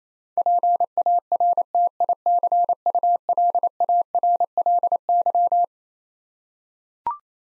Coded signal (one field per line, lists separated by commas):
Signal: Morse code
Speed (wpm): 27 wpm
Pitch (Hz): 700 Hz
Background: none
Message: PARTICULARLY